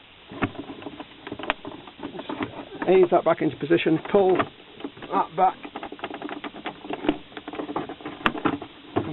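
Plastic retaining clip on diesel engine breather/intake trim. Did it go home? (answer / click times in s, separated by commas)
yes / 8.3 s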